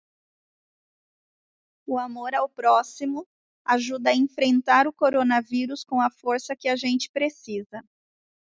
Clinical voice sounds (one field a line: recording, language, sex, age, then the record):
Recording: spoken sentence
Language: Brazilian Portuguese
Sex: female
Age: 40 to 49 years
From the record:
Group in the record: control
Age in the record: 46 years